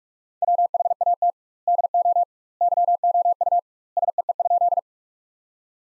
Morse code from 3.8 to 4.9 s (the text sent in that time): SEE?